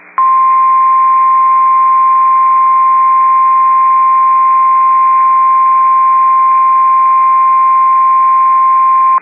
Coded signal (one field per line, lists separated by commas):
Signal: Emergency Alert System (SAME) tones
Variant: 1050 Hz attention tone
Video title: REAL EAS civil emergency message (state wide silver alert for North Dakota) 9-4-2021